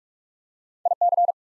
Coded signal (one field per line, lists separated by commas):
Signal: Morse code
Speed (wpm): 44 wpm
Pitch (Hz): 700 Hz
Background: none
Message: IC